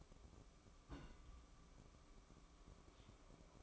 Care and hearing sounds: daily activity, microphone in the room; place on stove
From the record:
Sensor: 1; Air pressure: 1008.0 hPa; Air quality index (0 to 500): 129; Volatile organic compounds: 2 ppm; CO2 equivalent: 1084 ppm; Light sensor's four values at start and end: 8/18/7/8 and 8/18/7/8

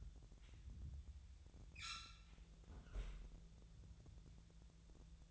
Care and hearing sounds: daily activity, microphone in the room; close fridge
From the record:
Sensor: 3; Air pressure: 1000.0 hPa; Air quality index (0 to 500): 130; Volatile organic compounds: 2 ppm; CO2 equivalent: 1160 ppm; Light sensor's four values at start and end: 40/103/44/48 and 41/104/44/48

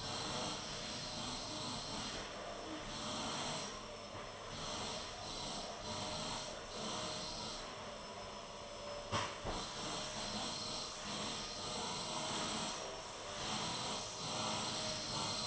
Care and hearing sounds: daily activity, microphone in the room; vacuum cleaning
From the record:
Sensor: 4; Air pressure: 1010.4 hPa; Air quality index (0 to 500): 179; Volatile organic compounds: 5 ppm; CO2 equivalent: 1813 ppm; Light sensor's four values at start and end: 33/97/38/38 and 33/97/38/38

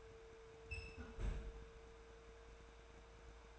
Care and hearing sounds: daily activity, microphone in the room; close fridge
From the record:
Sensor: 2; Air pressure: 1014.7 hPa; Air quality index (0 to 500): 190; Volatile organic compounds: 15 ppm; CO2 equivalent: 2510 ppm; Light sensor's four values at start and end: 24/58/25/28 and 13/32/13/14

